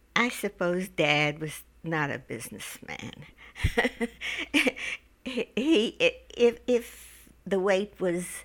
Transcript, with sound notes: I suppose Dad was not a businessman. ( she laughs ) He, if the weight was